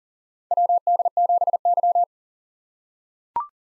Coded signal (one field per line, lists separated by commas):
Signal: Morse code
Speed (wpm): 40 wpm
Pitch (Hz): 700 Hz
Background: none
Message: WD7Y